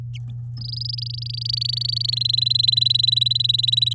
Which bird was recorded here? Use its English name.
Domestic Canary